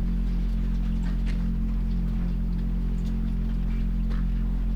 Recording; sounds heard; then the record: poultry house recording; sick chickens (respiratory disease)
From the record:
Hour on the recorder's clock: 1